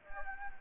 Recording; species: mosquito wingbeat signal from an infrared sensor; Anopheles gambiae